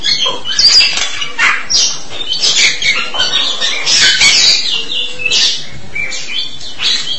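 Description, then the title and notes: Starling song, a busy stream of harsh chattering notes and short whistled slurs without pause. "suara burung jalak"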